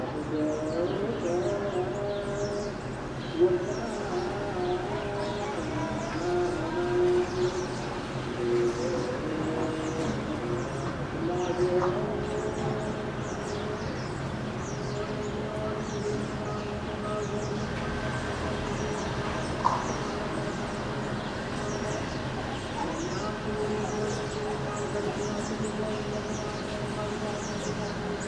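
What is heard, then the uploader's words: Sustained chanting voices from a nearby Orthodox church's daily mass hold steady, drawn-out pitches through the whole clip over a constant low hum of distant traffic. Birds chirp brightly and often in the background, and a couple of sharp knocks stand out near 3 and 19 seconds. Addis Ababa - Skyline - Chanting. It's a sunny morning in Addis Ababa, Ethiopia. The sounds of daily mass from a nearby Orthodox church can be heard above distant traffic and birdsong.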